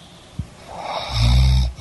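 Real snoring from an adult asleep in bed after taking melatonin: a rising, breathy inhalation swells into one loud, low-pitched rumbling snore lasting about half a second. Snoring heavy enough to call for a CPAP.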